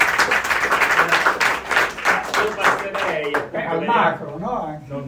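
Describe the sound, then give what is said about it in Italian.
An audience at a day of dialogues on artistic work at Blocco 13 applauds with dense, steady clapping for about three seconds, then it thins out as a voice begins talking over the last of the claps. “Un applauso”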